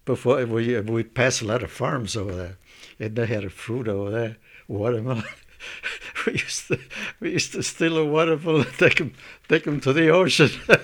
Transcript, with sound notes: before we, we passed a lot of farms over there, they had a fruit over there, watermelons. (laughs) We used to, we used to steal a watermelon and take it, take 'em to the ocean,